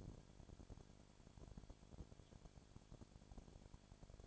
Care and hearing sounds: daily activity, microphone in the room; no activity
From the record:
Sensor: 5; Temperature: 20.1 degrees Celsius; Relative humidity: 36.5%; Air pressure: 1001.1 hPa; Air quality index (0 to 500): 176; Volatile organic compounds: 4 ppm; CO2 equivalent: 1602 ppm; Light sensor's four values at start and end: 2/3/1/1 and 2/3/1/1

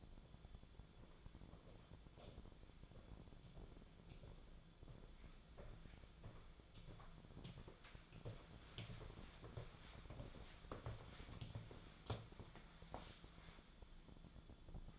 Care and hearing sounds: daily activity, microphone in the room; walk to room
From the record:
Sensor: 5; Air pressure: 1010.3 hPa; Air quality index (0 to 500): 139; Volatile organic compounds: 3 ppm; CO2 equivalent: 1364 ppm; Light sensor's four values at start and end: 275/686/288/317 and 292/696/302/339

